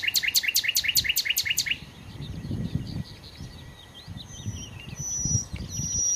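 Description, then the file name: Common nightingale song: a loud burst of rapid, repeated sharp notes, then quieter twittering and low background rumble. "Nachtigall"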